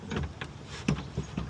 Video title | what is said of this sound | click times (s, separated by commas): The GMC Sierra EV's Rear Glass Comes Out—Here's How | for storage that locks into place. | 0.9 s